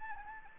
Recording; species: mosquito wingbeat signal from an infrared sensor; Anopheles gambiae